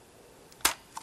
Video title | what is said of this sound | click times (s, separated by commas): Kamen Rider Gaim DX MUSOU SABER & MELON LOCKSEED: EmGo's Kamen Rider Reviews N' Stuff | Right there. It clicks into place, and there you have the Mousou Sabre on the side of the belt. | 0.7 s